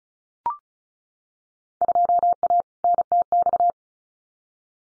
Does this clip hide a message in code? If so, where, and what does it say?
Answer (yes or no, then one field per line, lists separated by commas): yes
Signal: Morse code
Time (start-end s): 1.8-3.7 s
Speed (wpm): 36 wpm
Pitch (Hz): 700 Hz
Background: none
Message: 2A NTX